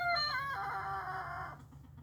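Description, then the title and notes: Chicken: rooster crow, a strained, rough, wavering call lasting about a second and a half, fading out over a low hum. Four roosters crowing: a young black Silkie, Kuro, still developing his crow, and three louder adult roosters, including newcomer Rocky, who became dominant. "Rocky the newcomer"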